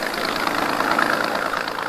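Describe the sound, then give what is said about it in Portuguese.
A motor launch engine, the launch steered by four marines on the open sea in the 1956 film Fuzileiro do Amor, runs steadily, a continuous mid-pitched droning hum with a slight rhythmic throb and no voices, holding an even loudness throughout. “Quatro fuzileiros conduzem a lancha.”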